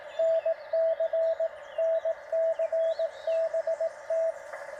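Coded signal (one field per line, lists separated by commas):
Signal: Morse code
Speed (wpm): 19 wpm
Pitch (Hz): 650 Hz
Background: none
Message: NC NC BT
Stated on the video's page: CW POTA activation at Lake Alma with a Penntek TR-45L, CW paddles, battery power and a homebrew 40 m EFHW antenna.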